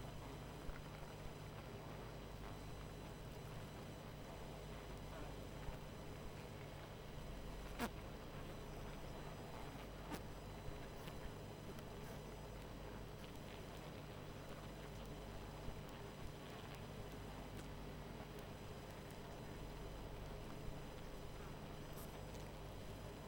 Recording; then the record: honeybee colony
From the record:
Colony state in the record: missing queen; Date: 14 July 2017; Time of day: 21:46